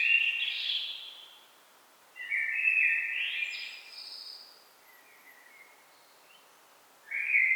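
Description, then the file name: Common blackbird delivering mellow, rolling song phrases. A high, scratchy twitter follows one phrase before another phrase begins at the end. "Turdus merula"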